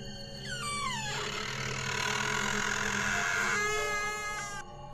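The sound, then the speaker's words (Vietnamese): A door creaks at night as an old woman goes out, with a long, high-pitched squeal that bends downward, then grinds on in a sustained rasping groan before falling quiet. No one speaks over it. “Tiếng cánh cửa rít lên đến rợn cả người.”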